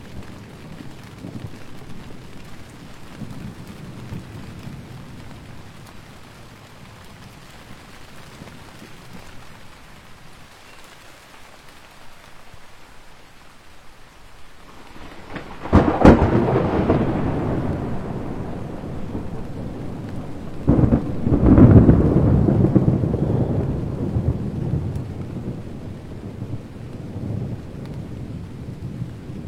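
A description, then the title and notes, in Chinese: A wild typhoon thunderstorm: steady rain hiss, then a loud thunder rumble around sixteen seconds and another crack near twenty-one, rolling low afterward. 台风带来的狂野雷暴。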